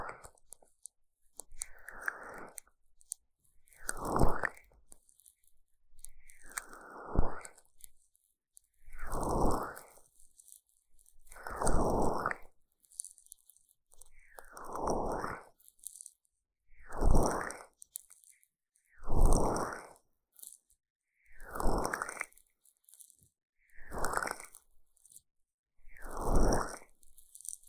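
Sticky aloe gel is worked over the ears in slow, regular strokes, each a wet, squelching, crackly burst lasting about a second. The bursts come roughly every two to three seconds with near-silent gaps between them, and the pattern holds steady throughout.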